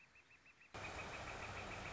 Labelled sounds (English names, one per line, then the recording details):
Northern Flicker
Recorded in Sonoma County, California